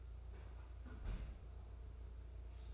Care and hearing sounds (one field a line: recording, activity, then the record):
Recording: daily activity, microphone in the room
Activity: close fridge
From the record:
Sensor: 2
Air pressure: 990.9 hPa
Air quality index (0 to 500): 128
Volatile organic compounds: 123 ppm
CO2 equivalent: 3894 ppm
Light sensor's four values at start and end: 20/48/20/20 and 20/48/19/20